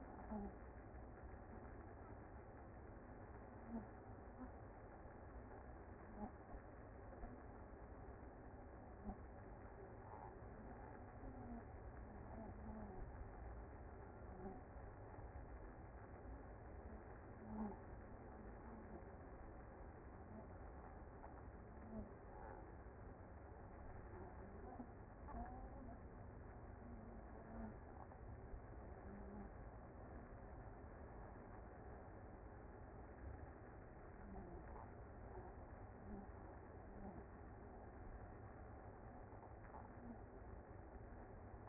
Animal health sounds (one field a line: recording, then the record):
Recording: honeybee colony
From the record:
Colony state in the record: active